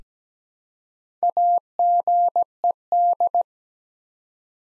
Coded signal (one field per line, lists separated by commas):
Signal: Morse code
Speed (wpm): 17 wpm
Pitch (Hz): 700 Hz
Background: none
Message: AGED